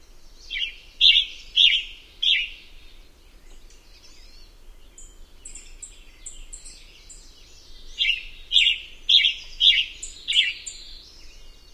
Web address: Songs of Birds of North America Know Your Bird Sounds Common Western Species. Western Tanager